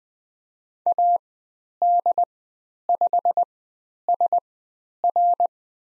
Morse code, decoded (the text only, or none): AD5SR